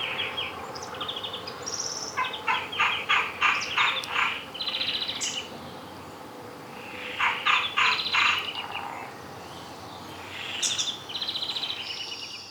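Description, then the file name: European greenfinch giving bursts of rapid, rattling trilled notes in two main runs, with thinner high twitters around them and a steady low background hiss. "Chloris chloris"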